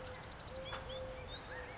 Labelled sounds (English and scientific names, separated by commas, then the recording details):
Eurasian Collared Dove (Streptopelia decaocto)
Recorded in Sonoma County, California